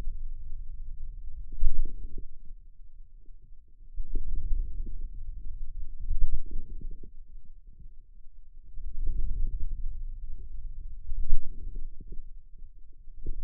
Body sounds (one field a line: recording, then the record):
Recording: forearm muscle sounds (acoustic myography)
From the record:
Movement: ulnar deviation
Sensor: system 2, bracelet of six BSWA MPA416 microphones around the upper forearm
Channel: 5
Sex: male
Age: 22 years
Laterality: right